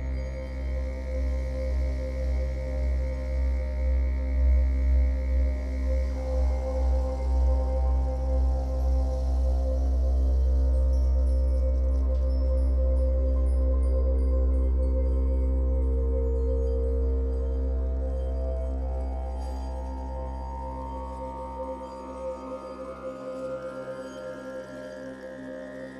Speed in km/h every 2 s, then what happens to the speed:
17, 17, 19, 16, 16, 22, 23, 14, 15, 12, 5, 4, 8.
0-12 steady at about 17. 12-19 slows to 5. 19-26 steady at about 5.